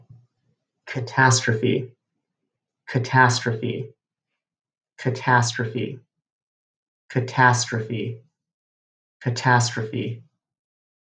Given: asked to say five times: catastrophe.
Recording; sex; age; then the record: repeated word; male; 30 to 39 years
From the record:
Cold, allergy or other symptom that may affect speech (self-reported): no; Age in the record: 33 years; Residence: California, United States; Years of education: 18